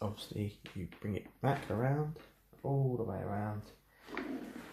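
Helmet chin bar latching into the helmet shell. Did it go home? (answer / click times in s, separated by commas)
yes / 4.2 s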